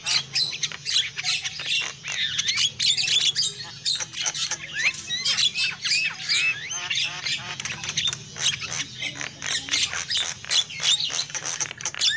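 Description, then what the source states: Lovebird chatter, continuous harsh squeaks and sharp clicks running unbroken, with a low hum underneath. Used as a lure call for trapping lovebirds.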